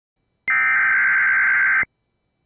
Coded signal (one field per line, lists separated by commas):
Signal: Emergency Alert System (SAME) tones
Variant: header bursts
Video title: Tornado Watch #182 On WJON 5/17/21 (EAS #581)